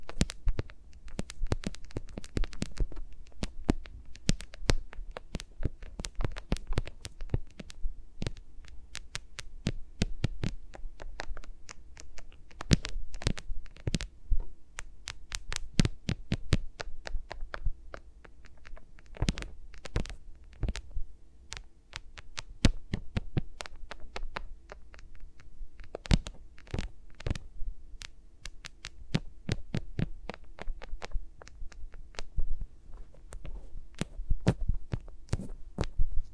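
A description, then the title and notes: Fingers rub and tap against microphones in an ASMR recording, making sharp clicks and scratches that come in quick irregular bursts throughout. Beneath them sits a low steady hum with soft thudding pulses. Busier clusters of taps arrive around 13–16 and 26–28 seconds. ASMR with Mics Around My Fingers (No Talking).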